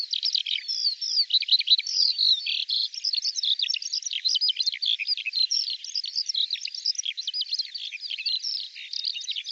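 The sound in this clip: Bird song, a continuous rapid stream of high twittering and trilled notes without pause, some short whistled slurs mixed in throughout.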